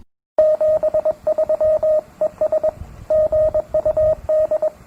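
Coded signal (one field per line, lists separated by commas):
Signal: Morse code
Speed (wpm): 22 wpm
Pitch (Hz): 620 Hz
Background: radio noise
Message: 73 ES GUD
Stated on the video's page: Recording said to be Titanic's Morse, possibly high-speed straight-key sending, though its authenticity is disputed.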